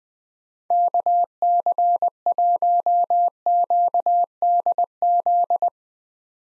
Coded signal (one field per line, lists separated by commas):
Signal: Morse code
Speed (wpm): 20 wpm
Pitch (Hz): 700 Hz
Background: none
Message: KC1QDZ